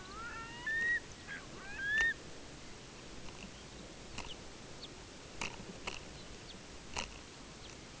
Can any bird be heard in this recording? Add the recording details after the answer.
yes. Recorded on Arctic tundra, site UTQI-5, on 14 June 2019. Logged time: 14:00